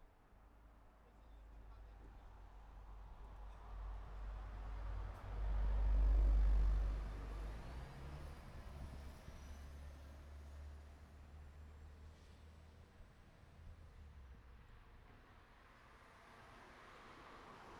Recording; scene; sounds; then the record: everyday scene through a hearing-aid microphone; in traffic; traffic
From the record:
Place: city secondary road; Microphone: behind the ear, right, rear